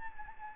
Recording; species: mosquito wingbeat signal from an infrared sensor; Anopheles gambiae